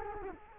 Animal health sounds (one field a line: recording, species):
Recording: mosquito wingbeat signal from an infrared sensor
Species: Culex quinquefasciatus